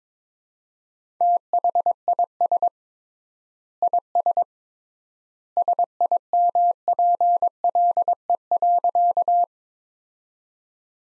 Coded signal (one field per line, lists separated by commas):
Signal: Morse code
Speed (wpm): 22 wpm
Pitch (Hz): 700 Hz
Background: none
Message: THIS IS SIMPLE.